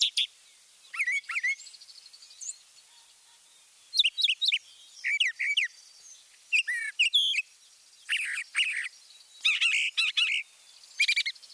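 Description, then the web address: Northern mockingbird pouring out a long string of varied phrases, each repeated a few times, mixing sharp chips, whistles and buzzy notes with short pauses between. Mimicry by the Northern mockingbird, eastern and central North America. "Birding by Ear, Eastern and Central North America - Peterson Guides 2009 Mimics Northern Mockingbird"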